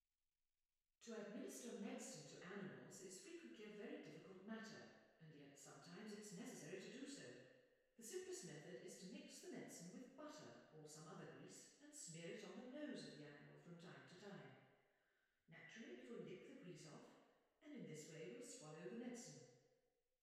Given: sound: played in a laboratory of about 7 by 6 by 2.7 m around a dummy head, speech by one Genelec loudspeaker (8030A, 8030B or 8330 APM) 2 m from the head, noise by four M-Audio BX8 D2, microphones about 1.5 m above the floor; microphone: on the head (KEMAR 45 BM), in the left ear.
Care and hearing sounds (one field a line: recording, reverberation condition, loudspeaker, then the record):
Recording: female speech in English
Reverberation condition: high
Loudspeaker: 120 degrees to the right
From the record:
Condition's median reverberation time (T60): about 1300 ms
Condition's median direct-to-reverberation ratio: about -4.0 dB